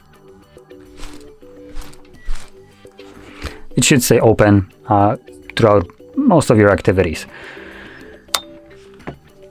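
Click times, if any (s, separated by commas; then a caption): 8.3 s. Someone talks over soft background music while the flip-up rear screen of an Insta360 Ace Pro action camera is folded shut against its plastic body. It snaps closed with a sharp click at 8.3 s and locks in place, so it won't open on its own.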